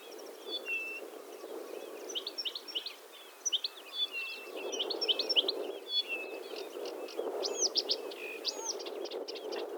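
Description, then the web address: Blyth's reed warbler song: a steady stream of varied chirps, whistles and clicks, some notes repeated in short runs, over a constant low rumble. "Struikrietzanger. graszanger acrocephalus dumetorum"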